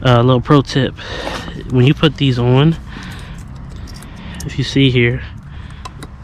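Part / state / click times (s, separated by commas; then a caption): brake pad abutment clip into caliper bracket / seated / 5.8 s, 6.0 s. Someone talks while a metal brake pad abutment clip is pressed into the caliper bracket on the front brake of a 2017-2020 Hyundai Elantra Sport. Two short, sharp ticks are heard at 5.9 s and 6.0 s as the clip snaps into place and seats firmly.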